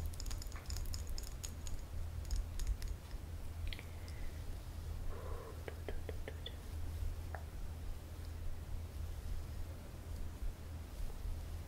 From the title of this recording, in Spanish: Masaje Capilar - peinando y rascando el pelo